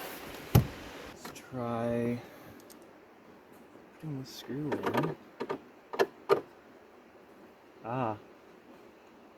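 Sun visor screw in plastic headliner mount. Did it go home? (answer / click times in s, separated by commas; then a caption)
no / 5.4 s, 5.9 s, 6.0 s. On an ML320, a sun visor screw is turned into its plastic mounting assembly in the headliner while someone talks, but the screw does not bite. Sharp clicks at 5.4, 5.9 and 6.0 seconds are the thread slipping, followed by a short exclamation. The screw mount is stripped out.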